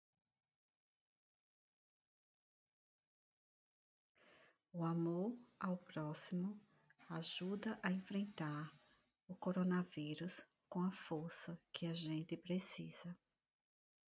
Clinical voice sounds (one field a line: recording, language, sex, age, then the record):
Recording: spoken sentence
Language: Brazilian Portuguese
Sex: female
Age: 50 to 59 years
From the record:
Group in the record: control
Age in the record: 54 years